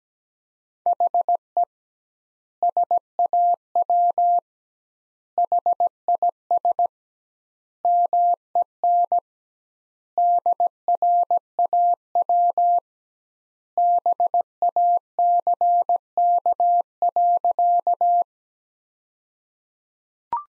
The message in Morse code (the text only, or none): HE SAW HIS MEN DRAW BACK.